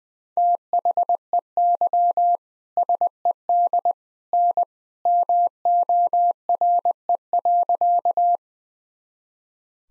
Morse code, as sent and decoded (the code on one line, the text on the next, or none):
- .... . -.-- / ... . -.. / -. / -- --- .-. . .-.-.-
THEY SED N MORE.